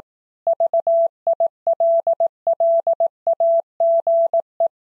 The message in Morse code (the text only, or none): VILLAGE